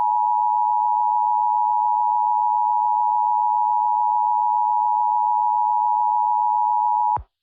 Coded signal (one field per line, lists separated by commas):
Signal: Emergency Alert System (SAME) tones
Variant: 853 and 960 Hz attention tone